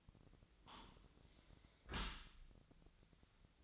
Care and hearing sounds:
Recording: daily activity, microphone in the room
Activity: close dishwasher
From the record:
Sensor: 3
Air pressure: 1003.1 hPa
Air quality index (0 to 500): 196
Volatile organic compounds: 6 ppm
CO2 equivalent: 1916 ppm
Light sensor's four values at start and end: 20/49/21/22 and 20/49/20/22

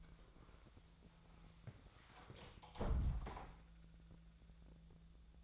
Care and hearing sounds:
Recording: daily activity, microphone in the room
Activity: close door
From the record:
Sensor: 3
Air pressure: 1000.5 hPa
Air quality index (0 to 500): 180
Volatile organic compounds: 4 ppm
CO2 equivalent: 1565 ppm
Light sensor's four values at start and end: 12/29/12/13 and 12/29/12/13

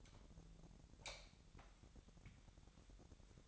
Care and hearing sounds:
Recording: daily activity, microphone in the room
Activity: light off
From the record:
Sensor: 3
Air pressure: 1011.9 hPa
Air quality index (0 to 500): 236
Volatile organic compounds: 5 ppm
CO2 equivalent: 1748 ppm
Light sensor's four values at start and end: 14/35/14/14 and 11/27/11/11

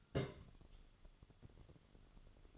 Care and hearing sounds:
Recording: daily activity, microphone in the room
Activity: place on stove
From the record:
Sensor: 4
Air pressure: 1008.9 hPa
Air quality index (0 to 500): 129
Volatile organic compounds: 1 ppm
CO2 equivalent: 939 ppm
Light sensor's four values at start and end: 11/24/9/9 and 11/24/10/9

